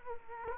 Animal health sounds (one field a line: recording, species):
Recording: mosquito wingbeat signal from an infrared sensor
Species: Culex quinquefasciatus